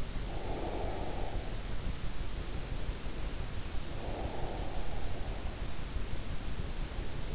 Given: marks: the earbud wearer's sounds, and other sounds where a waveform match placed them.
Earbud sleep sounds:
sounds in sleep by an in-ear microphone; breath
0.22-1.48 s: breath
3.76-4.85 s: breath

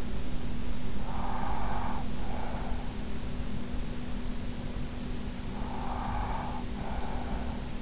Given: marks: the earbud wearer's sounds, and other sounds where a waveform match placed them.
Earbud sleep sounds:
sounds in sleep by an in-ear microphone; breath
0.61-3.10 s: breath
5.46-7.82 s: breath

